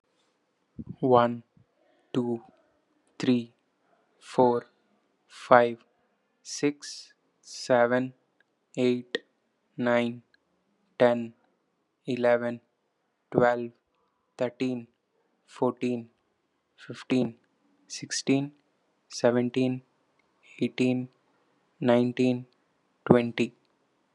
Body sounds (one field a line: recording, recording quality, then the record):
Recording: counting at a normal pace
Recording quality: excellent, no background noise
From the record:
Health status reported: exposed to COVID-19, no respiratory illness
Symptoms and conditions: none ticked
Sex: male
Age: 25 years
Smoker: not ticked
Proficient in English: yes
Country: India